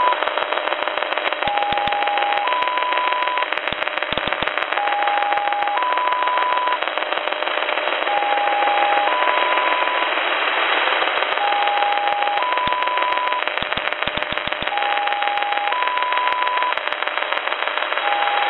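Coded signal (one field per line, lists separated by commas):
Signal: numbers station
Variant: XPA-like polytone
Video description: then a strong carrier tone, then what sounds like XPA polytone sync tones. (Numbers transmission starts around the 7:06 mark)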